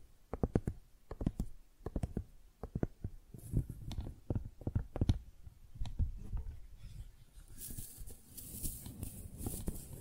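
Tingly flower sounds: quick, light tapping and crinkling, with sharp clicks coming in bursts through the first half. After about six seconds the taps thin out into a softer, denser rustle with a bright hiss on top, while a low murmur lingers underneath.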